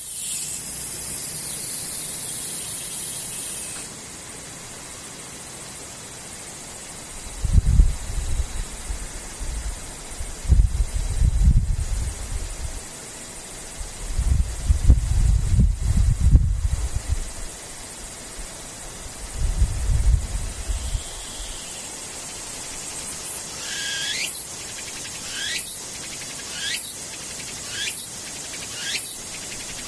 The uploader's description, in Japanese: ツクツクホーシからムシ